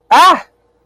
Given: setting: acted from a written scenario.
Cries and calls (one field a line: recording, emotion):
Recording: vocal sound without words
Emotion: negative surprise